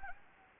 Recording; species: mosquito wingbeat signal from an infrared sensor; Anopheles gambiae